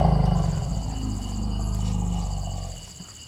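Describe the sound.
Elephant rumble: a deep, harmonic growl sustained for nearly three seconds, then fading away.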